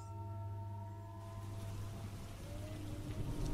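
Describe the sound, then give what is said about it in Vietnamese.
Heavy rain starts pattering outside, following thunder, and quickly thickens into a dense, fierce, steady downpour, heard over a constant low droning hum. No one speaks. “Kèm theo đó là mưa bắt đầu rơi, lộp bộp, lộp bộp.”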